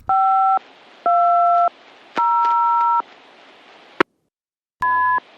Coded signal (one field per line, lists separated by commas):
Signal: DTMF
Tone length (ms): 640 ms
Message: 520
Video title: Back to Basics 3 Part 2: Radios